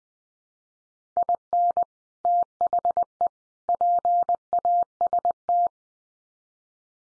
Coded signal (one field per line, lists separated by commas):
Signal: Morse code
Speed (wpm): 20 wpm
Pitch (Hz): 700 Hz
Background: none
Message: IN THE PAST